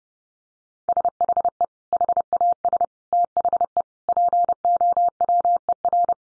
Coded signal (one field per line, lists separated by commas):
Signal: Morse code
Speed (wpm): 30 wpm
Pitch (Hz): 700 Hz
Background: none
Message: SHE HAS THE POWER